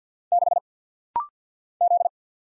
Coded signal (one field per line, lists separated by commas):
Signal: Morse code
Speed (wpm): 50 wpm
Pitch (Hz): 700 Hz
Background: none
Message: 6 Z